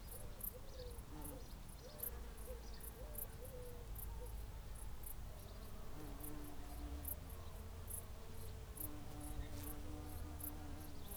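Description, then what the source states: Insects chirping in quick high bursts throughout, while faint whistled notes wander in the middle range over a low rumble. Hedgerow ambience with insects.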